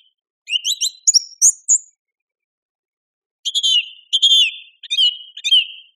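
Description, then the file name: Song thrush song: a bright burst of whistled notes, a pause, then a phrase repeated twice, ending in quick chirping notes. "suara-kicauan-burung-song-thrush -omkicau"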